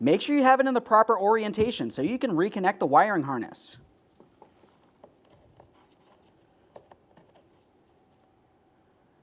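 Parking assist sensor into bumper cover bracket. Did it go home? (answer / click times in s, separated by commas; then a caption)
no / none. Someone talks, then faint handling taps are heard as a new rear outer parking assist sensor for a 2008-2017 Buick Enclave is turned to the proper orientation, so its wiring harness can be reconnected, and lined up in its plastic bumper cover bracket. It has not been pressed in yet, and nothing has clicked or seated.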